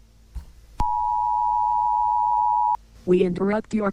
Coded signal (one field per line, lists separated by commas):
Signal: Emergency Alert System (SAME) tones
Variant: 853 and 960 Hz attention tone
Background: speech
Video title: Emergency Alert System Analog Horror Videos Are Weird